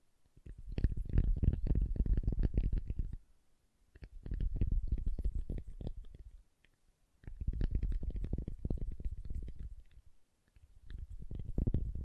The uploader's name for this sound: SoftHard Soap Tapping and Carving